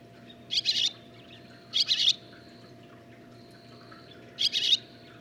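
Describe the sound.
Barn swallow uttering three short bursts of fast, scratchy twitter notes with pauses between.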